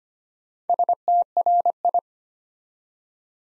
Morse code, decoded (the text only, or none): STRI